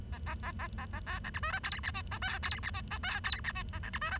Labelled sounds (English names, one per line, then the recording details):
Bengalese Finch song
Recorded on 23 June 2012 at 09:05
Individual gr41rd51